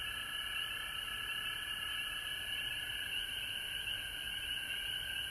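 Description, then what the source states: Steady frog chorus, overlapping trills merging into a constant buzzing band with a lower sustained tone, a thin high whine running alongside. Frogs recorded at home in Georgia on March 19, 2020.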